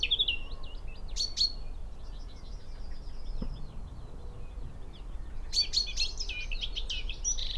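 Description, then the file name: Eurasian blackcap giving hard clicking calls, short bursts of sharp tacking notes around one second in and again near six seconds, over thin, high birdsong throughout. "Sylvia atricapilla"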